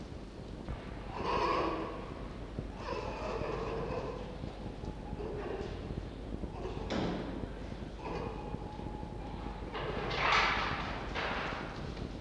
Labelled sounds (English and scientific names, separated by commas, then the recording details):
Red Fox (Vulpes vulpes)
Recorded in captivity
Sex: male
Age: adult
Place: Zoologisches Institut der HUB, Berlin, DE
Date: 1952-06-03 18:30
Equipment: Elmetra
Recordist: Tembrock, Günter
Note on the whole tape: Jupp vor 5a, Fiffi drinnen. Jupp: Muffen I,II, einmal ohne Fleisch, dann mit Fleisch